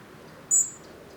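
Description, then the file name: European robin uttering a single thin, high, whistled call note, level in pitch, against a quiet background. "Erithacus rubecula"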